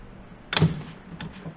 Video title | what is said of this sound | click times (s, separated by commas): E22 Apollo Hi-Riser Deck Gun | hear that lock | 0.6 s